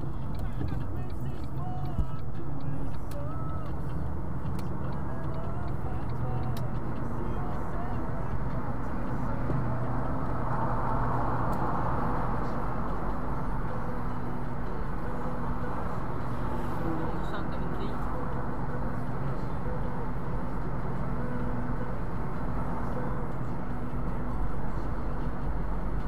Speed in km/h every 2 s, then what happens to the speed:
33, 44, 51, 60, 65, 64, 60, 57, 56, 60, 60, 58, 55.
0-8 speeds up to 65. 8-15 slows to 56. 15-20 steady at about 60.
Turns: none.